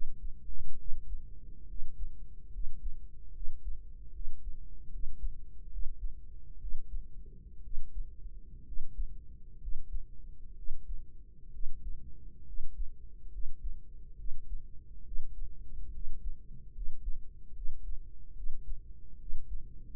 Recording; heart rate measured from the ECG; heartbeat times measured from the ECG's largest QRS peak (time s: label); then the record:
heart sounds by microphone in the right ear; 68 bpm
0.74 s: heartbeat
1.64 s: heartbeat
2.48 s: heartbeat
3.30 s: heartbeat
4.09 s: heartbeat
4.87 s: heartbeat
5.66 s: heartbeat
6.56 s: heartbeat
7.59 s: heartbeat
8.61 s: heartbeat
9.56 s: heartbeat
10.52 s: heartbeat
11.48 s: heartbeat
12.42 s: heartbeat
13.28 s: heartbeat
14.14 s: heartbeat
15.01 s: heartbeat
15.89 s: heartbeat
16.70 s: heartbeat
17.51 s: heartbeat
18.32 s: heartbeat
19.16 s: heartbeat
From the record:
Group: healthy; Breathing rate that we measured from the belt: 17 breaths a minute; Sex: female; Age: 23 years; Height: 160 cm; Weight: 50.4 kg